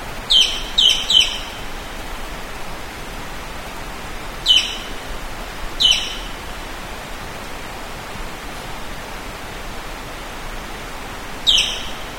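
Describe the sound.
Bird calls, brief high chirps sweeping downward, a quick triple at the start, then single notes every few seconds over a constant hiss.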